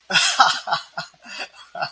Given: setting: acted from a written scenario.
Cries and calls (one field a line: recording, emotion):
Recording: vocal sound without words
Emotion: amusement